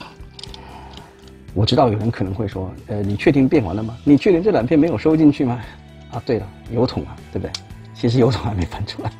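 The last plastic panel of a Transformers Rise of the Beasts Voyager-class Optimus Prime transforming figure is closed and slides into the robot's body, locking in by itself. Sharp plastic clicks sound at about 0.4, 0.4 and 0.5 seconds as the panel seats, after which someone talks over background music.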